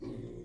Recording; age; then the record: pig call; weaner (32 to 43 days)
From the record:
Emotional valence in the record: negative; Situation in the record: long isolation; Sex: female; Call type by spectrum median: low-frequency call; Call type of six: low-frequency stable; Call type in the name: low-frequency stable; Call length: 0.45 s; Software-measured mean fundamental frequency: 57 Hz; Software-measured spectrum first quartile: 144 Hz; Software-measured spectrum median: 276 Hz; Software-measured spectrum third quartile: 392 Hz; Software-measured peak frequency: 328 Hz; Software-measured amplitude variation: 126 dB a second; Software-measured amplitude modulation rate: 23.4 a second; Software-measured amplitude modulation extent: 5.4 dB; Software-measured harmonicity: 1.3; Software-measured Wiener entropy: 0.29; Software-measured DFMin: 908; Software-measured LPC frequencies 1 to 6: 343, 2092, 3577, 4372, 5596, 6574 Hz